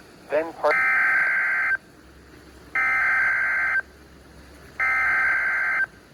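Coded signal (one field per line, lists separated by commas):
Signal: Emergency Alert System (SAME) tones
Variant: header bursts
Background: speech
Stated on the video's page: Required Weekly Test received outdoors on an HH54 weather radio from a NOAA weather radio station.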